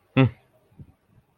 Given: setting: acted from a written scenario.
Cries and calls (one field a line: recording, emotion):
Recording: vocal sound without words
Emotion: contempt